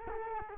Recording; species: mosquito wingbeat signal from an infrared sensor; Culex quinquefasciatus